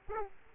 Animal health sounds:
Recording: mosquito wingbeat signal from an infrared sensor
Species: Aedes aegypti

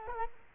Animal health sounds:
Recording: mosquito wingbeat signal from an infrared sensor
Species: Culex quinquefasciatus

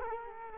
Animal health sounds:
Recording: mosquito wingbeat signal from an infrared sensor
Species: Culex quinquefasciatus

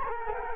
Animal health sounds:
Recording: mosquito wingbeat signal from an infrared sensor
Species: Culex quinquefasciatus

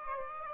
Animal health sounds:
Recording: mosquito wingbeat signal from an infrared sensor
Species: Aedes aegypti

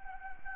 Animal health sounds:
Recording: mosquito wingbeat signal from an infrared sensor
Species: Anopheles gambiae

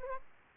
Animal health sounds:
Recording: mosquito wingbeat signal from an infrared sensor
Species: Anopheles arabiensis

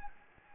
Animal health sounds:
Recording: mosquito wingbeat signal from an infrared sensor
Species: Anopheles gambiae

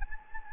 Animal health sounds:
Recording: mosquito wingbeat signal from an infrared sensor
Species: Anopheles gambiae

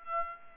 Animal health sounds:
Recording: mosquito wingbeat signal from an infrared sensor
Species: Aedes aegypti

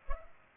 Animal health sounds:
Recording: mosquito wingbeat signal from an infrared sensor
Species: Culex pipiens

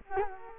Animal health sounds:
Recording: mosquito wingbeat signal from an infrared sensor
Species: Culex quinquefasciatus

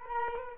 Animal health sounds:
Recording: mosquito wingbeat signal from an infrared sensor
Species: Culex quinquefasciatus

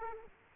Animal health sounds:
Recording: mosquito wingbeat signal from an infrared sensor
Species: Aedes aegypti

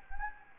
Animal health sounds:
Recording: mosquito wingbeat signal from an infrared sensor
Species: Anopheles gambiae

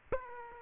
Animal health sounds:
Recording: mosquito wingbeat signal from an infrared sensor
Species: Aedes aegypti

